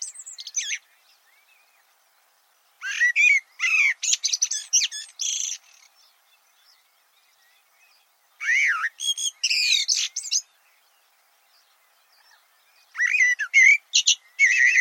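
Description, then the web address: Bird singing lively phrases of quick chirps, trills and sliding whistled notes, delivered in four separate bursts with brief silences between them. "Deverinetal 2025. Bird Only"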